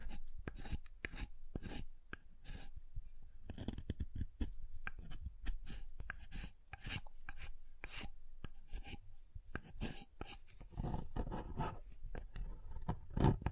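Tapping and carving on a bar of soap, a dense run of short, crisp knocks and scraping strokes that keeps up an irregular but busy pace throughout. Around ten to eleven seconds the scraping grows rougher and fuller, with a few sharper taps near the end.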